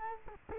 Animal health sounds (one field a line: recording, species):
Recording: mosquito wingbeat signal from an infrared sensor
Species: Culex quinquefasciatus